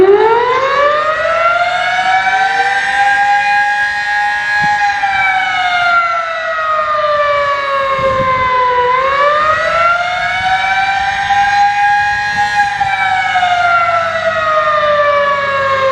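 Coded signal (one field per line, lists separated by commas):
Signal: siren signal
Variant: Sterling M10 siren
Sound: steady wailing mechanical siren with slow pitch rises and falls, one dip midway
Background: outdoor ambience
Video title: Siren signal( fire Alarm/test) Dominican replublic 🇩🇴 Sterling M10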